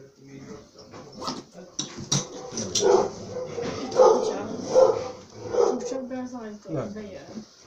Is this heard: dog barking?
yes